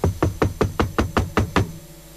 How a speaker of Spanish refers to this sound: De repente, alguien golpea la puerta.